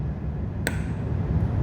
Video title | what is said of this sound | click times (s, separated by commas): Hydraulic PWM Troubleshooting | what I can do with the palm of my hand, push down on that stem, turn it counterclockwise, a half rotation, and you'll hear it pop, | 0.7 s